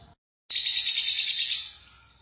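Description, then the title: Lovebird chatter: after a brief silence, a sudden loud burst of shrill, buzzy twittering that slowly fades out. "Suara Burung Lovebird"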